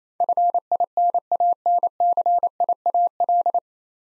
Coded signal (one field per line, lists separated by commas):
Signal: Morse code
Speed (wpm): 28 wpm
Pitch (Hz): 700 Hz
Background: none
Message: FINANCIAL